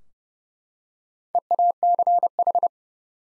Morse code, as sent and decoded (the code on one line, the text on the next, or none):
. .- -.-. ....
EACH